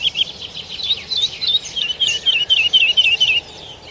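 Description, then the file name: Lark calling with a quick run of high, chirping notes, more evenly spaced toward the end, over a soft hiss of background noise. "Bird Lark Sound"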